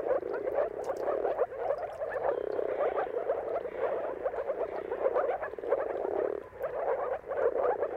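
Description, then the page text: Dense moor frog chorus of overlapping soft, watery bubbling calls, steady throughout with brief dips in loudness. Chorus of many moor frogs giving mating calls at sunrise, at the turn of March and April, timing depending on the weather. "Jakub-Orzecki moor frogs. Dawn’s Chorus: Mating Calls of Marsh Frogs at Sunrise. Depending on the weather at the turn of March and April, you can witness an amazing spectacle of moor frogs"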